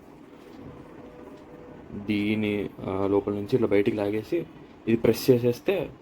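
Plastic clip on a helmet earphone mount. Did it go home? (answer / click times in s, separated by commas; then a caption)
no / none. A plastic clip on a helmet earphone mount is opened and moved into position by hand, before the part is pulled through and pressed to lock. About two seconds of quiet handling are followed by someone talking. Nothing has clicked or locked yet.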